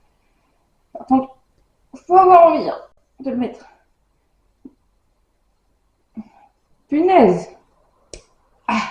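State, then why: Seated. A phone connector adapter, which fits only one way, is pushed into the port of a DJI Mic Mini 2 wireless microphone receiver. Someone talks in bursts, then a short, sharp click at 8.1 s shows the adapter seating in the receiver.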